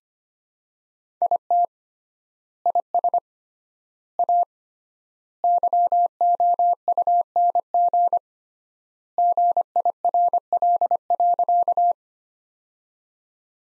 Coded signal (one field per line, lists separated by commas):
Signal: Morse code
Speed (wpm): 25 wpm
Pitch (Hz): 700 Hz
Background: none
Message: IT IS A YOUNG GIRL.